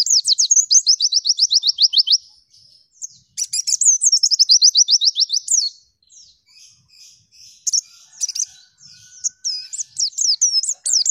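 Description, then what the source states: White-eye song: fast series of high, steeply falling notes, a brief pause, another such series, then varied sharp twittering phrases. Kept white-eye singing loudly (gacor) with full rapid bursts (tembakan), used for song-training other caged birds.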